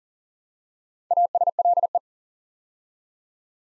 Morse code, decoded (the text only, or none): ASLE